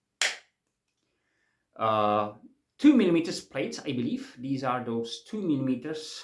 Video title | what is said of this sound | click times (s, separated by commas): Sencut Waxahachie knife - a nice EDC slicer | nice and positive clicks kidex | 0.2 s